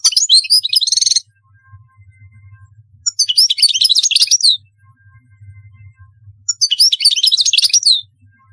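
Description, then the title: European goldfinch singing three bursts of rapid, jingling twitters separated by quiet pauses with a low hum between. "Chant Chardonneret"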